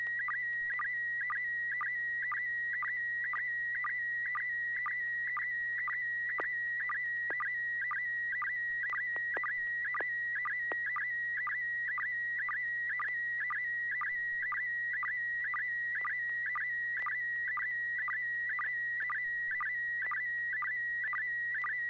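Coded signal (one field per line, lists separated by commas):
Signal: SSTV (slow-scan television)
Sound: steady whistling tone near 2 kHz, chirping down in quick regular blips twice a second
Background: low electrical hum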